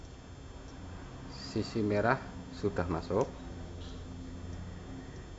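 Someone talks while handling the black supply wire's crimped terminal, which has a locking pin, about to push it into the plastic supply connector housing of a 2 x 500 watt power amplifier built with a SOCL 500 watt driver, after the red wire's terminal is already in. The talk sits over a steady low background, and nothing has seated or clicked yet.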